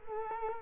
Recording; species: mosquito wingbeat signal from an infrared sensor; Culex quinquefasciatus